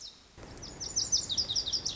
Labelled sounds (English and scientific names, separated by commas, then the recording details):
Lazuli Bunting (Passerina amoena)
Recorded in Sonoma County, California